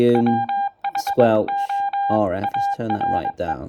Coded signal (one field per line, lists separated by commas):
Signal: Morse code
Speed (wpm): 21 wpm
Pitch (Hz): 800 Hz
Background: speech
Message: WHO ARE